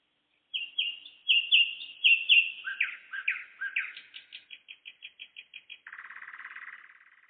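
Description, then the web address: Nightingale song: repeated slurred whistles, then quicker descending notes and a fast even series, ending in a buzzy churring rattle. Singing in the evening, 11 May 2014. "spiew-slowika-11052014-wieczor"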